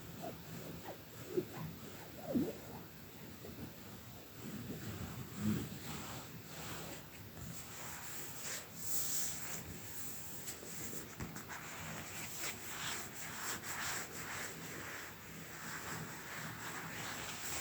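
Soft, swirling tracing on card fills the first few seconds, a low continuous rubbing with a few light knocks. From around eight seconds on, brighter, sharper cuts of card break in as short crisp bursts, irregular and fairly frequent, over a faint steady hiss.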